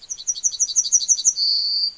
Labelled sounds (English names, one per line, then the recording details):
Yellowhammer song
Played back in forest
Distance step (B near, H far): C
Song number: 124